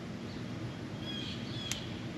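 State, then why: Torque reached. A small aluminum belt tension gauge is pressed down on the power steering drive belt of a Jeep TJ, and its indicator gives a single sharp click at 1.7 s over steady outdoor background noise. The reading shows almost 100 lb, so the belt is too loose.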